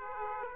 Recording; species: mosquito wingbeat signal from an infrared sensor; Aedes aegypti